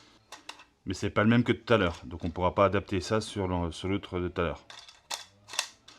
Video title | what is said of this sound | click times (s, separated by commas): Remplacez votre chasse d'eau : des centaines de litres économisés | on vérifie que le car de tour est bien enclenché. | 5.6 s